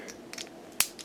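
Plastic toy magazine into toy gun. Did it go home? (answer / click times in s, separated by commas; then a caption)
yes / 0.8 s. A small plastic toy magazine is pushed into the back of a robot's toy gun, with faint ticks of handling around 0.1 s and 0.3 to 0.4 s. It snaps into place with a sharp click at 0.8 s, followed by a soft tick near 1.0 s, and the magazine is seated.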